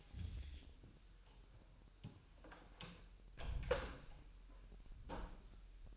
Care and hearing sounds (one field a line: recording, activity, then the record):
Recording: daily activity, microphone in the room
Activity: close door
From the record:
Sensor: 2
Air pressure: 1001.0 hPa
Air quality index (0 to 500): 249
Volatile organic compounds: 94 ppm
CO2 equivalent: 3714 ppm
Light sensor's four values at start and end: 7/18/7/7 and 8/19/8/8